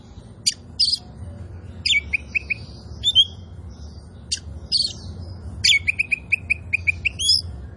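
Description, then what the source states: Oriental magpie-robin song: sparse sharp high notes followed by short runs of whistled notes repeated in quick series. Kacer poci variety, described as gacor, singing vigorously and continuously.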